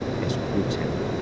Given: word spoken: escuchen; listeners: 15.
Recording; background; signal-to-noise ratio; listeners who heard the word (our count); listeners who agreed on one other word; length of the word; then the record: one Spanish word in noise, from a listening test; speech-shaped noise; -5.6 dB; 5 of 15; 9 of 15; 0.82 s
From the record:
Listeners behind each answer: 9, 5, 1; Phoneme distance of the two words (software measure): 17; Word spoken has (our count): 3 syllables, 7 phonemes, stress on syllable 2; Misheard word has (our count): 3 syllables, 6 phonemes, stress on syllable 2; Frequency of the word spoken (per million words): 1.59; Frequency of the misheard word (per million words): 25.95